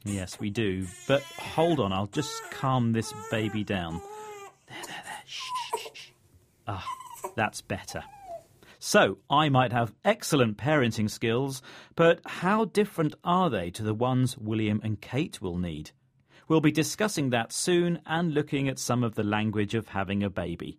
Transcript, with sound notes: Yes we do – hold on, I’ll just calm this baby down – (Baby stops crying ) that’s better.So, I might have excellent parenting skills but how different are they to the ones William and Kate will need?We’ll be discussing that soon and looking at some of the language of having a baby.